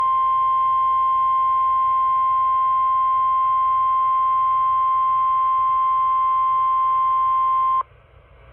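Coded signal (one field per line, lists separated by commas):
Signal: Emergency Alert System (SAME) tones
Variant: 1050 Hz attention tone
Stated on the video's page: Severe thunderstorm warning broadcast on NOAA weather radio station WXL92.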